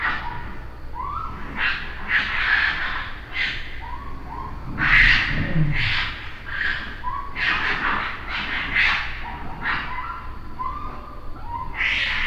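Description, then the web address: Raccoon calls: harsh, breathy bursts of hissing chatter in irregular clusters, mixed with short squeaky notes, over a low background rumble. Recorded on 3 June 2009. "Raccoon 2009 06 03"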